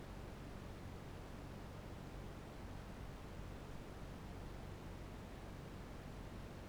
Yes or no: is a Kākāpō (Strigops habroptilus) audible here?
no